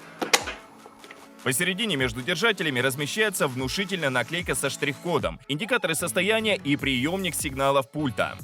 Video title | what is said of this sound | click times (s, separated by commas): Даджет W220 🔥 Обзор + ТЕСТЫ 🔥 На что способен тонкий робот мойщик окон с двумя распылителями? ✅ | Сначала натягиваем салфетку, затем прижимаем кольцо до щелчка. | 0.3 s